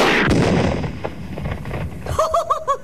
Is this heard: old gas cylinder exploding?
yes